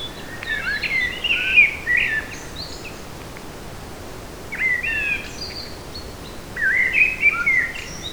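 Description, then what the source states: Eurasian blackbird singing mellow warbled phrases with high twittering ends, three phrases separated by pauses of a few seconds, against steady background noise. Recorded in a forest on 8 July 2018.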